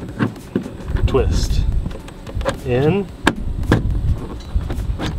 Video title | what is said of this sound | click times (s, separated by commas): BIGGEST RC BOAT in the UNIVERSE with Self-Righting!!! - Pro Boat Super Sonicwake | twist oh that didn't catch | none